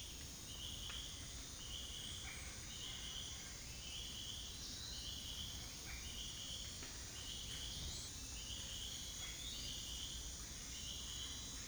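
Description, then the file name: Cicada calling: a steady high shrill drone overlaid with short buzzy pulses repeated roughly once a second throughout. Recorded in French Guiana. "Guyane cigale"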